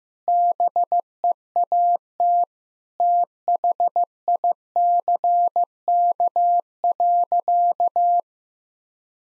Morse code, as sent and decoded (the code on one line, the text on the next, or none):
-... . .- - / - .... .. -.-. -.- .-.-.-
BEAT THICK.